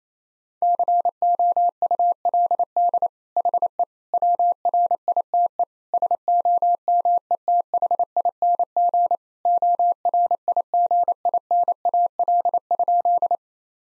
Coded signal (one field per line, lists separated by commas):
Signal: Morse code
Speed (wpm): 28 wpm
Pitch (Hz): 700 Hz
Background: none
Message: COULD HE WRITE SOMETHING ORIGINAL?